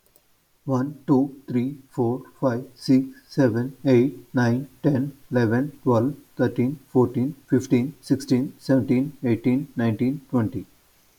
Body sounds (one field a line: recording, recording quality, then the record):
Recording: counting at a fast pace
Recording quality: moderate, slight background noise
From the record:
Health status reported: healthy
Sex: male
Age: 38 years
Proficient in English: yes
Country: India